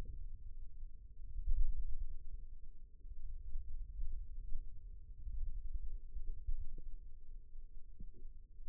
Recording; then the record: forearm muscle sounds (acoustic myography)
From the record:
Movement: wrist extension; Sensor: system 2, bracelet of six BSWA MPA416 microphones around the upper forearm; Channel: 4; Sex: female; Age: 22 years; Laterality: right